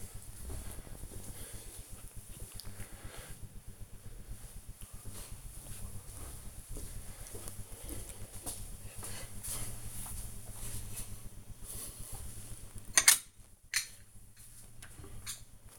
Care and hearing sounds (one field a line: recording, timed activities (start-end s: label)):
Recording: household activities, microphone on the right wrist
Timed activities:
11.94-15.79 s: putting away the dishes